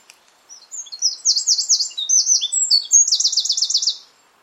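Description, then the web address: Bird calling in high, fast trilled bursts, several short slurred notes between them, a continuous run lasting about three seconds before stopping. "cianscape birddata Deverinetal 2025"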